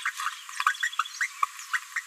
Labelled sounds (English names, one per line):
Green-rumped Parrotlet babbling